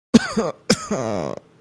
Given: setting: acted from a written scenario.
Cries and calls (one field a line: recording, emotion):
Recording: vocal sound without words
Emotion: pain